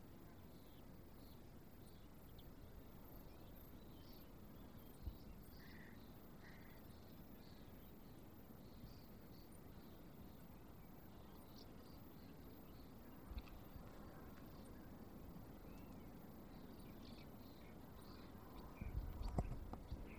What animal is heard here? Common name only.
Sardinian Warbler